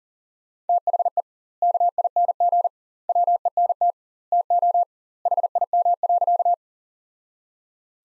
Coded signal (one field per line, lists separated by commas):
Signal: Morse code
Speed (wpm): 40 wpm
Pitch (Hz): 700 Hz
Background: none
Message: THE KING WENT TO HIM.